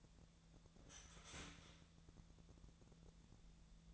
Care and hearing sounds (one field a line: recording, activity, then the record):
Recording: daily activity, microphone in the room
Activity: start toaster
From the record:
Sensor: 3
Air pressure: 1000.2 hPa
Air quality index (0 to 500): 157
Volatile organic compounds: 3 ppm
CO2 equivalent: 1387 ppm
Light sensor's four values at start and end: 32/83/34/37 and 32/82/34/36